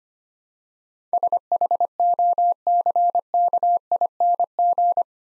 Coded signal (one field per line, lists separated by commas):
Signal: Morse code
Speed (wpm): 25 wpm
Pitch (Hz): 700 Hz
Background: none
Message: SHOCKING